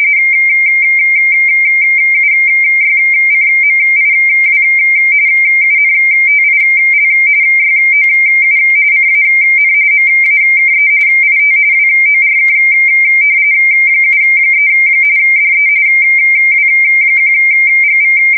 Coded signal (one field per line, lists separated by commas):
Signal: RTTY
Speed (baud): 45.45 baud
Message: UYCMIW UNTIL YOU CAN MAKE IT WORK 73 DE W1GV